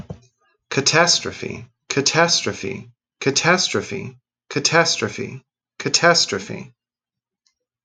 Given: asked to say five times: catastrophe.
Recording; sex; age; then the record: repeated word; male; 30 to 39 years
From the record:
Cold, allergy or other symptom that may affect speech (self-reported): no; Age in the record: 38 years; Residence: Missouri, United States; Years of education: 20